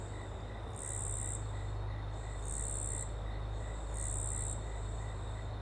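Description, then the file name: Cricket giving high chirping bursts every second or two, above a strong low rumble. Small open woodland with a river in the background; cricket prominent on the left channel. "Ambiente em Pequena Mata Aberta e Rio ao Fundo com Grilo bem Presente na Esquerda"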